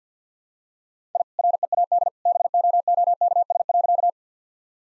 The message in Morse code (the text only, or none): I READ BOOKS.